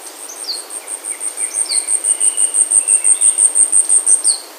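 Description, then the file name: Asian stubtail delivers a rapid run of very high, insect-like pulses that swell in volume, while other birds add falling chips and drawn-out lower notes. "yabu"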